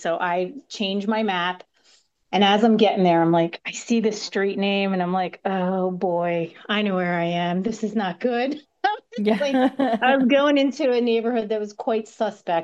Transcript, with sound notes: So I change my map, and as I'm getting there, I'm like, I see this street name, and I'm like, "Oh, boy, I know where I am. This is not good." (laughs)
Yeah.
I was going into a neighborhood that was quite suspect.